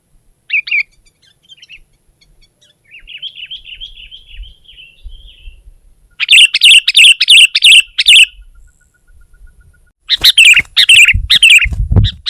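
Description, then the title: Sooty-headed bulbul: a thin wavering warble, then two quick bursts of loud repeated chirps separated by a pause. "kutilang"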